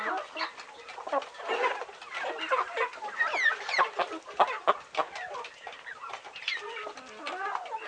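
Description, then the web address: Chickens clucking and squawking in an irregular, overlapping chorus of short calls, with a few higher rising squeals among them. Several chickens recorded as farm ambience. "bird chickens ambience farm chickens"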